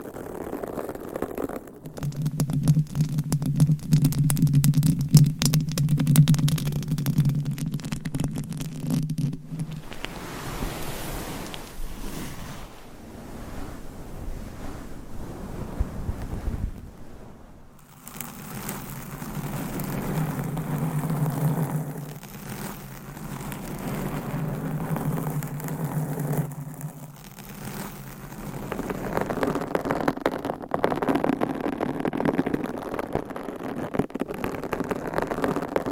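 Rough scratching and rubbing against a mic cover, with dense crackling bursts and a low hum, pausing briefly near 18 seconds before resuming.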